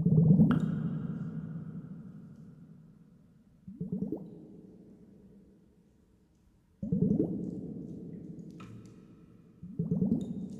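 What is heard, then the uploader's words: Water sloshes inside a water globe in four separate shakes, near the start, around four seconds, just before seven and near ten seconds. Each starts with a thick, low swirl that slowly fades over a few seconds, with a couple of small bright clicks from the glass. Water & liquid sounds, spray bottle, water globes.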